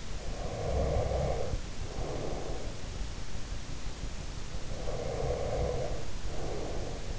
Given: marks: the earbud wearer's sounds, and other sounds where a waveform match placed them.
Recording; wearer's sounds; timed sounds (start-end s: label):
sounds in sleep by an in-ear microphone; breath
0.14-2.90 s: breath
4.44-7.19 s: breath